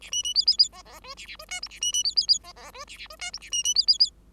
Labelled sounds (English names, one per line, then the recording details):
Bengalese Finch song
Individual Bird5